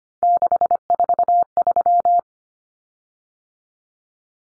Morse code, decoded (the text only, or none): 643